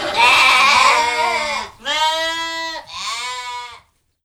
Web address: Les brebis. un jour a la ferme